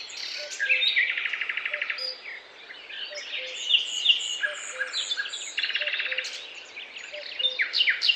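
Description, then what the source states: Bird chorus of overlapping chirps and quick pulsed trills from several birds, high-pitched and busy throughout, with faint repeated low short tones in the background. Chirping birds in a forest, described as peaceful.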